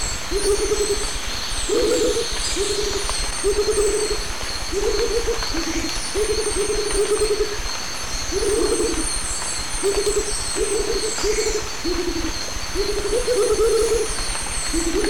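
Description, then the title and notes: Rufous motmots hooting back and forth, many short low hollow bursts every second or so, two pitches alternating; cricket chorus and high twittering birds throughout. Pair dueting; recorded 1998 near the Lake Arenal dam at forest edge at dawn; other birds, crickets and forest ambience in background. "Duet Rufous motmots. Dúo de Baryphthengus martii (Pájaro Bobo). Grabado en 1998 cerca de la represa del lago Arenal, al borde del bosque durante el amanecer. Además del pájaro Bobo, se escuchan otras aves de fondo, grillos y ambiente del bosque"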